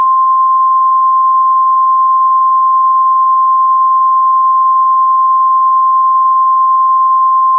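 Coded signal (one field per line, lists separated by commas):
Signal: Emergency Alert System (SAME) tones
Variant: 853 and 960 Hz attention tone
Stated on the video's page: Real early-morning EAS alerts for a local area, with valid EAS tones.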